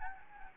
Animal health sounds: mosquito wingbeat signal from an infrared sensor; Anopheles gambiae

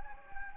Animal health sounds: mosquito wingbeat signal from an infrared sensor; Anopheles gambiae

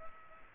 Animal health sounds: mosquito wingbeat signal from an infrared sensor; Culex pipiens

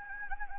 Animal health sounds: mosquito wingbeat signal from an infrared sensor; Anopheles gambiae

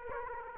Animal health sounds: mosquito wingbeat signal from an infrared sensor; Aedes aegypti

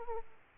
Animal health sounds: mosquito wingbeat signal from an infrared sensor; Aedes aegypti

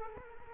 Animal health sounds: mosquito wingbeat signal from an infrared sensor; Culex quinquefasciatus

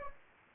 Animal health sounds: mosquito wingbeat signal from an infrared sensor; Anopheles gambiae

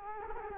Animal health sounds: mosquito wingbeat signal from an infrared sensor; Culex quinquefasciatus

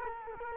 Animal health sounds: mosquito wingbeat signal from an infrared sensor; Culex quinquefasciatus

